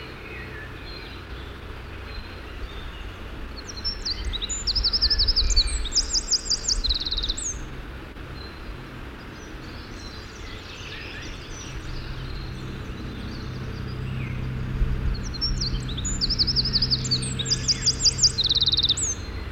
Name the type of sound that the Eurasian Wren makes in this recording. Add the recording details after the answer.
song. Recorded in the wild. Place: Borovez, Rila-Gebirge, Sofia, BG. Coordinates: 42.271, 23.601. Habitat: Mountains. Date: 1974-05-27. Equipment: Nagra III BH, Sennheiser MD 21, parabola. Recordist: Schubert, Michael. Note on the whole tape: Gesang Zaunkönig